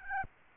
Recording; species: mosquito wingbeat signal from an infrared sensor; Aedes albopictus